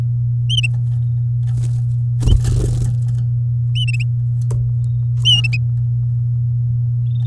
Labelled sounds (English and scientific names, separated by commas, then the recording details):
Domestic Canary (Serinus canaria) song
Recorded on 8 May 2018 at 09:13
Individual llb16